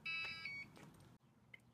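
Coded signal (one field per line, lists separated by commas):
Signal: beep code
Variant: hoverboard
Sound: a single high electronic beep of about half a second, then a click and a tiny blip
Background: small room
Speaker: in today's video I'll show you guys how to fix this beeping sound on your hoverboard so if you turn your hoverboard on and see any kind of sounds like that here's how to fix it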